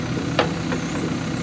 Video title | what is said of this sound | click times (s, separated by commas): Cat E Series Mini Excavators: Shovel Advantages | put the bucket back on you simply just you guys can hear it click into place it grabs that pin you can pick the bucket up | 0.4 s, 0.7 s